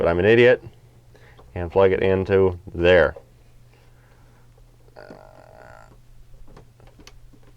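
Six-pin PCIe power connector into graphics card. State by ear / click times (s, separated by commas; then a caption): seated / 7.1 s. A six-pin plastic PCIe power connector is pushed into the power socket of a graphics card while someone talks. After the talking stops there are a few faint taps and a brief hum, then a sharp click at 7.1 seconds as the connector seats.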